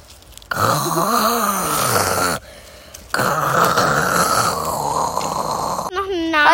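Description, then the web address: Wild boar grunting and moaning in long, low, wavering calls, a drawn-out groan followed by a pause and another extended grunt, ending with a brief higher squeal. A wild boar family. "wildschweinfamily. waldnasen geraeuschesafari"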